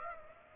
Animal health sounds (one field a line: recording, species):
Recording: mosquito wingbeat signal from an infrared sensor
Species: Aedes aegypti